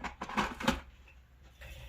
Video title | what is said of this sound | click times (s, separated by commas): Wade Sabers Flagship Crystal Chamber Extension Tutorial | profit board will snap into place just like that fits really good | 0.7 s